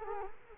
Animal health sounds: mosquito wingbeat signal from an infrared sensor; Culex quinquefasciatus

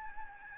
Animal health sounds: mosquito wingbeat signal from an infrared sensor; Aedes albopictus

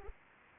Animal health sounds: mosquito wingbeat signal from an infrared sensor; Anopheles arabiensis

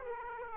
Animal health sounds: mosquito wingbeat signal from an infrared sensor; Aedes aegypti

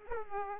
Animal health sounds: mosquito wingbeat signal from an infrared sensor; Aedes aegypti

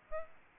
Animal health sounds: mosquito wingbeat signal from an infrared sensor; Aedes albopictus

